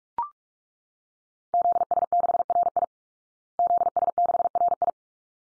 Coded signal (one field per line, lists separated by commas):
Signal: Morse code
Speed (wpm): 44 wpm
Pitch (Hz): 700 Hz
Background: none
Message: ZS6RI ZS6RI